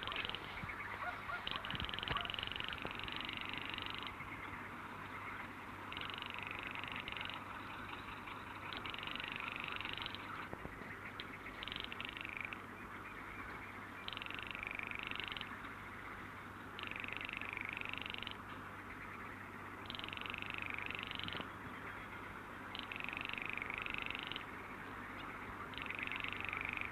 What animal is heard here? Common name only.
Baillon's Crake